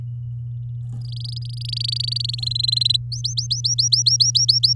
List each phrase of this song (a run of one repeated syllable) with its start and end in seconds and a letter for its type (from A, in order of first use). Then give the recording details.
1.01-2.35 A, 2.38-2.96 B, 3.12-4.73 C. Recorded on 10 May 2018 at 11:45. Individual llb16